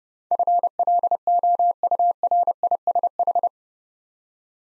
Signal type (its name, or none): Morse code